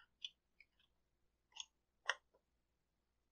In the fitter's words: you'll hear it pop